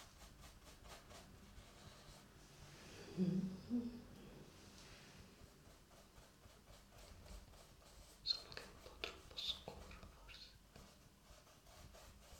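A brush moves over a surface in soft, steady strokes, leaving a hushed, dry swishing texture throughout. A fuller, breathy swell comes around three to four seconds, and a couple of small, sharp ticks land near eight and nine seconds.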